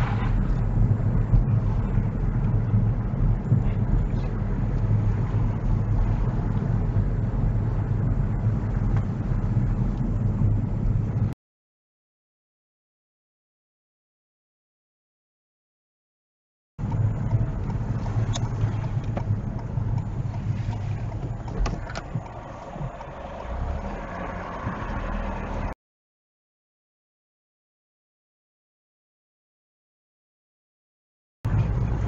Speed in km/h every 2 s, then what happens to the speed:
23, 24, 23, 23, 19, 19, 18, 18, 16, 10, 0, 0, 6, 11, 18, 19.
0-16 steady at about 19. 16-21 slows to 0. 21-32 pulls away to 19.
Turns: 23-27.